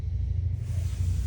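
A pleated windscreen cab blind on an AutoTrail Dakota motorhome is pulled across towards its centre catch, giving a steady low rumble with a soft sliding hiss. Nothing has seated or clicked yet, and the blind is not yet latched closed.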